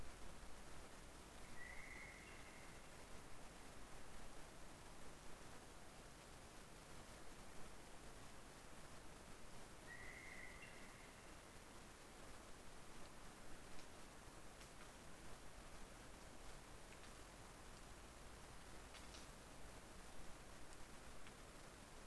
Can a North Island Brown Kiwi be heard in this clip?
no